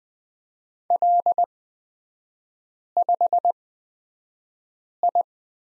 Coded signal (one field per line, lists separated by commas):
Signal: Morse code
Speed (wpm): 20 wpm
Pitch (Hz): 700 Hz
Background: none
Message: L5I